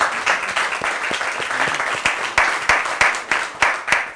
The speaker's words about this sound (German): So, gibt ihm ruhig mal Beifall, da braucht er Kraft.